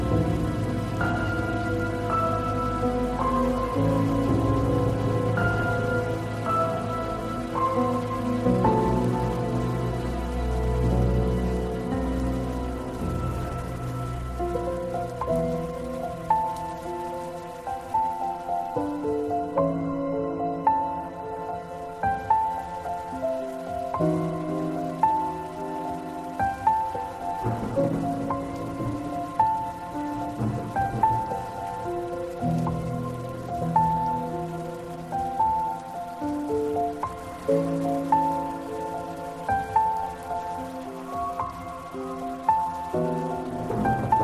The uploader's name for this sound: Calming Piano Music with Gentle Rain Sounds